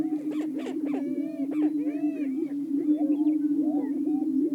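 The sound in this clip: Greater prairie-chickens open with several harsh cackling bursts, then drawn-out whooping calls rise over a constant low booming hum.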